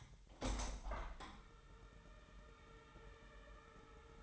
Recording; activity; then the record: daily activity, microphone in the room; open window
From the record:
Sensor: 3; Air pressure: 999.8 hPa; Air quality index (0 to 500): 218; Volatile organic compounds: 79 ppm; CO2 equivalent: 3596 ppm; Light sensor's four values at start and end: 9/22/9/9 and 10/23/9/9